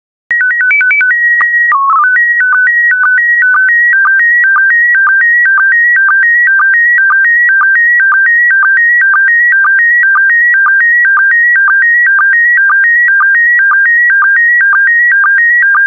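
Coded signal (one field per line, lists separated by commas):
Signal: SSTV (slow-scan television)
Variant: PD 120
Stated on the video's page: PD120-mode SSTV transmission of stock photos, software-generated with synthesized audio prompts.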